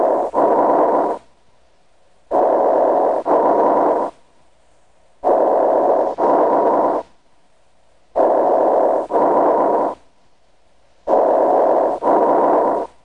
Bronchial breath sounds. Atelectasis. Atelectasis is thought to result from uncleared secretions that become thick, occluding the airway. Because no air enters the distal airways, the segmental or lobar bronchi collapse. Sounds are heard over an area of atelectasis when the bronchus is patent. These sounds are high-pitched and have the hollow or tubular quality of normal central airway breath sounds. They are audible throughout inspiration and expiration and can be heard equally well with either the bell or diaphragm of the stethoscope.